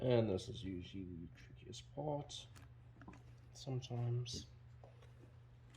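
Someone talks on and off while a small metal part is handled. Faint light ticks near 3.0 s and 4.8 s are brief handling contacts, not a solid seating snap, so the clip is not yet home.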